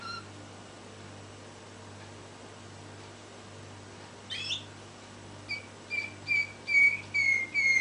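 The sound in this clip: Canary song: after quiet, a brief rising chirp, then a run of clear whistled notes repeated about twice a second, growing louder.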